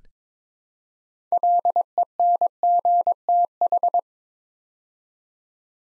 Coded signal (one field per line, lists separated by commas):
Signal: Morse code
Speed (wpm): 23 wpm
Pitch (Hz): 700 Hz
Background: none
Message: LENGTH